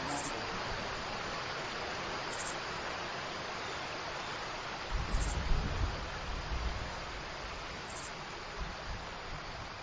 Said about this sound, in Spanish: Escucho una cascada.